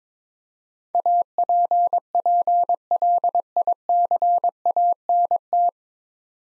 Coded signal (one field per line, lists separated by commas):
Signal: Morse code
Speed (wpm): 21 wpm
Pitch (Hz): 700 Hz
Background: none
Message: APPLICANT